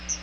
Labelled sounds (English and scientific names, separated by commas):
Chestnut-sided Warbler (Setophaga pensylvanica) flight call